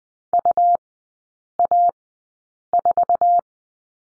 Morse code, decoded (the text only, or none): UA4